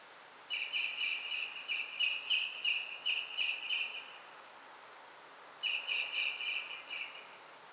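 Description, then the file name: Common blackbird calling a steady run of ringing chink notes for about four seconds, then a second shorter burst after a pause. "Turdus merula"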